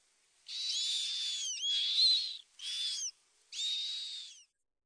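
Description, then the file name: Northern lapwing calls: four drawn-out, slurred whistled notes, high and hoarse, with short pauses between them, against near silence. "czajka"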